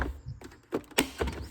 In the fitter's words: then when you hear it click, that's when you know it's in.